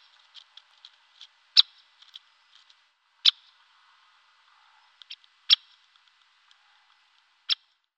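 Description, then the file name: Great spotted woodpecker calls: sharp, clipped 'kik' notes at irregular intervals, about four loud ones among softer ticking notes. "Buntspecht Dendrocopos major"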